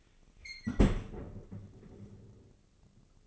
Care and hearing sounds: daily activity, microphone in the room; close fridge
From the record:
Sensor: 4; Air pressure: 996.0 hPa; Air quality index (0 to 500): 66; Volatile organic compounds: 2 ppm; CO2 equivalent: 1203 ppm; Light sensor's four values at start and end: 14/39/15/17 and 15/40/15/17

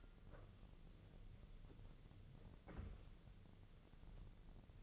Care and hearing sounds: daily activity, microphone in the room; wipe stove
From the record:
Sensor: 4

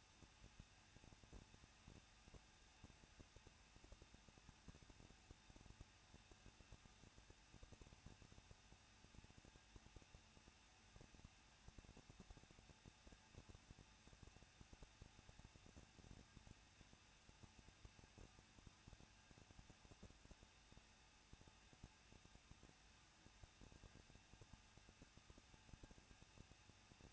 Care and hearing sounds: daily activity, microphone in the room; no activity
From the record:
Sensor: 2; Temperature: 21.0 degrees Celsius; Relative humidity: 37.3%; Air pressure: 1006.2 hPa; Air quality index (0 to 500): 221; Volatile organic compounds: 24 ppm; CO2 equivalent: 2802 ppm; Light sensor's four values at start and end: 2/3/2/2 and 2/3/2/2

